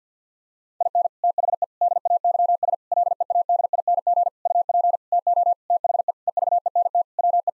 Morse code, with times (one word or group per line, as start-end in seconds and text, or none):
0.8-1.1 IN
1.2-1.6 THE
1.8-2.7 DAYS
2.9-4.3 LEADING
4.5-5.0 UP
5.1-5.5 TO
5.7-6.1 THE
6.3-7.0 EVENT
7.2-7.5 WE